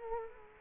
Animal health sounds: mosquito wingbeat signal from an infrared sensor; Culex quinquefasciatus

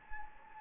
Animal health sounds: mosquito wingbeat signal from an infrared sensor; Anopheles gambiae

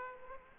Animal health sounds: mosquito wingbeat signal from an infrared sensor; Aedes aegypti

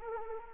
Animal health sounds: mosquito wingbeat signal from an infrared sensor; Anopheles arabiensis

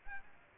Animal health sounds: mosquito wingbeat signal from an infrared sensor; Aedes aegypti

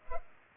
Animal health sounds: mosquito wingbeat signal from an infrared sensor; Culex pipiens

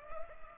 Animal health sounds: mosquito wingbeat signal from an infrared sensor; Culex pipiens

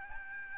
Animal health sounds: mosquito wingbeat signal from an infrared sensor; Aedes albopictus

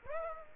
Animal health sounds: mosquito wingbeat signal from an infrared sensor; Aedes aegypti

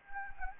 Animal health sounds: mosquito wingbeat signal from an infrared sensor; Anopheles gambiae

